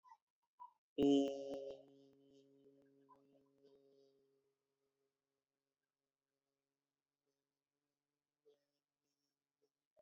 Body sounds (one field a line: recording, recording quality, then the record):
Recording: sustained vowel as in beet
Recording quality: excellent, no background noise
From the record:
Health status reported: healthy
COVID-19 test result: negative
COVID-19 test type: RT-PCR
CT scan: not taken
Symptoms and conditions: cold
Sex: male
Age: 29 years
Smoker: no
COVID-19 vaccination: one dose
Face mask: not worn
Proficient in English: yes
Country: India